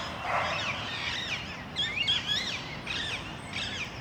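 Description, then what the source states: Parakeets giving shrill, wavering screeches in short clusters, a couple of clear harsh notes standing out, low hum underneath. Parakeets in Parc Duden, Forest, Brussels, Belgium, recorded just before nightfall with Zoom MicTrak M4 internal XY microphones.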